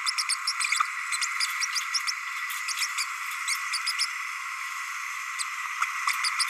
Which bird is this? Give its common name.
Green-rumped Parrotlet